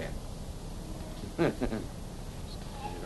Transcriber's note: laughs